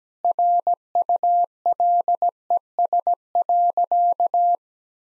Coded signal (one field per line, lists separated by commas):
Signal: Morse code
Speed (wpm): 17 wpm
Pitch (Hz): 700 Hz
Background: none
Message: RULES.